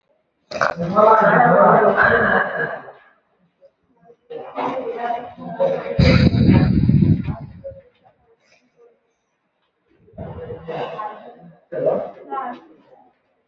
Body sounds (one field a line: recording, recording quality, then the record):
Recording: deep breathing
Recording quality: poor, much background noise or distortion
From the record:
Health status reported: recovered from COVID-19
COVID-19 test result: negative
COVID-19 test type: RT-PCR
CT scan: not taken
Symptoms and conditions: cough, cold, sore throat, fever, fatigue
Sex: female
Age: 31 years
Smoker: no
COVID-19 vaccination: both doses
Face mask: worn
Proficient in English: yes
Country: India